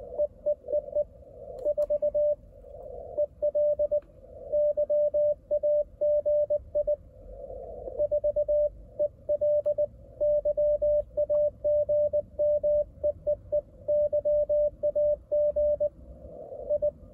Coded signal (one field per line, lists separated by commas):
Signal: Morse code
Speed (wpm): 19 wpm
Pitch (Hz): 590 Hz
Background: radio noise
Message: EEEE 4EL YAGI 4EL YAGMEEE YAGI